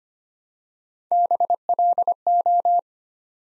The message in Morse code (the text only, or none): BLO